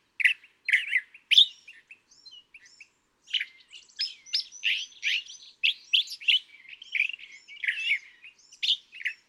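California thrasher delivering a jumble of harsh, buzzy and whistled phrases, with one short pause.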